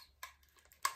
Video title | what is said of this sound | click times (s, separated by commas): Распаковка 😍TEMU👀🙈 | Зафиксировался. | 0.9 s